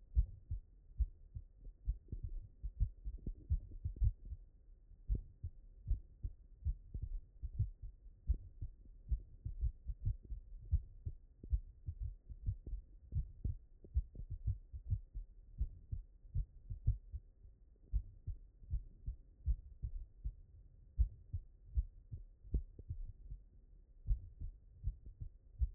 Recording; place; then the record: heart sounds by stethoscope; mitral valve (MV)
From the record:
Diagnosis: HFrEF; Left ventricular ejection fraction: 33%